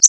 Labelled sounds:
Connecticut Warbler flight call

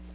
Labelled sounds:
Magnolia Warbler flight call

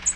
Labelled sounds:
American Redstart flight call

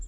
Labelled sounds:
Townsend's Warbler flight call

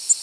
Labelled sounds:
Tennessee Warbler flight call

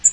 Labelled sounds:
Blackpoll Warbler flight call

